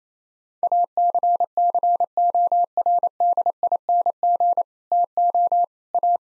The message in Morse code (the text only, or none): ACCORDING TO A